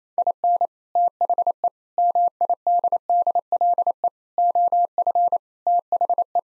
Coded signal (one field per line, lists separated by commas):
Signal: Morse code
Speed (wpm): 27 wpm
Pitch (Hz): 700 Hz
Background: none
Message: IN THE MIDDLE OF THE